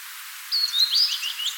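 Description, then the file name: Blue-and-white flycatcher song: a single quick phrase of thin, sliding whistles lasting about a second. "Cyanoptila cyanomelana"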